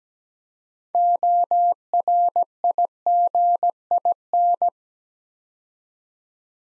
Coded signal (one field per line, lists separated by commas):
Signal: Morse code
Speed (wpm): 17 wpm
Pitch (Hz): 700 Hz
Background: none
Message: ORIGIN